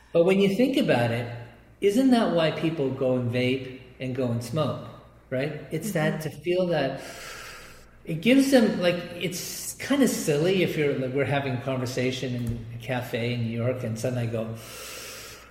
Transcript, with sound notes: But when you think about it, isn't that why people go and vape and go and smoke, right?
Mm-hmm.
It's that, to feel that (breathes deeply) , it gives them like... It's kinda silly, if you're... Like, we're having a conversation in a café in New York, and suddenly I go